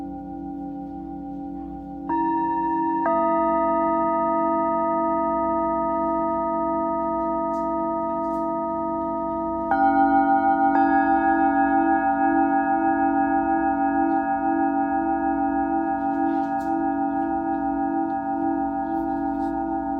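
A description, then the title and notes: A Tibetan singing bowl rings in a long, steady drone, its layered tones sustaining without fading. New strikes or added tones swell the sound at about 2, 3, 10 and 11 seconds, each making it louder and brighter. A low hum sits underneath throughout. 真夜中のTibetan Singing Bowl のサウンドヒーリング.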